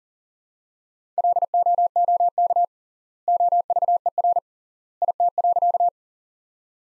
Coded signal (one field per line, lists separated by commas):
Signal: Morse code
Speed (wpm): 40 wpm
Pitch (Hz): 700 Hz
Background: none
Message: LOOK OVER IT.